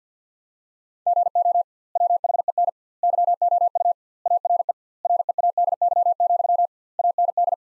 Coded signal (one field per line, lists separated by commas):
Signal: Morse code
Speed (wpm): 50 wpm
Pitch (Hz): 700 Hz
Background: none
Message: GO WHEN YOU ARE READY, AND